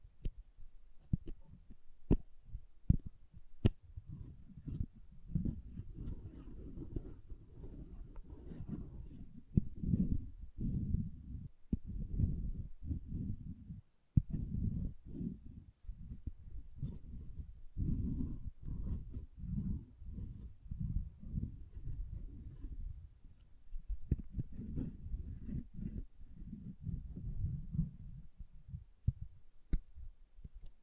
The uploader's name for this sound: SoftHard Soap Tapping and Carving